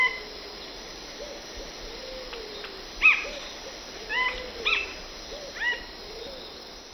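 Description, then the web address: Plain-crowned spinetail song: short, sharp notes with bright overtones, given in scattered bursts over a steady high insect hum, with low wavering whistles beneath. In the eastern lowlands of South America. "Natures Songs S America Eastern Lowlands. Plain-crowned Spinetail"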